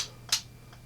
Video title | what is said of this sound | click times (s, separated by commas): Gunsmithing: Remington 870 With Shell Stuck In Chamber/Don't Buy Guns At Walmart | there's a joke there somewhere and you're just going to tighten that down you're going to hear those clicks | 0.3 s